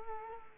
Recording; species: mosquito wingbeat signal from an infrared sensor; Culex quinquefasciatus